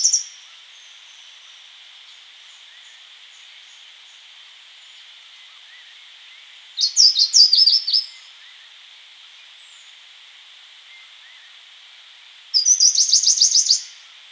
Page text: Grey-Cheeked Warbler Song. Quick Sounds